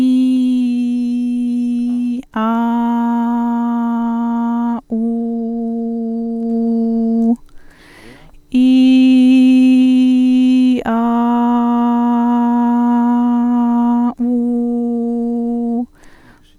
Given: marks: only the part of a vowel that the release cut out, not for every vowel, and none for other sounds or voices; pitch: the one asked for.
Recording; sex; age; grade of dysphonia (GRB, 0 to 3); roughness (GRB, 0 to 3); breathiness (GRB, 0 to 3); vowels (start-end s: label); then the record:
sustained vowels; female; 30 to 39 years; 0; 0; 0
0.00-2.00 s: vowel /i/, normal pitch
2.60-4.54 s: vowel /a/, normal pitch
5.15-7.15 s: vowel /u/, normal pitch
8.70-10.67 s: vowel /i/, high pitch
11.62-13.26 s: vowel /a/, high pitch
14.30-15.74 s: vowel /u/, high pitch
From the record:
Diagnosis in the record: healthy voice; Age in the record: 37 years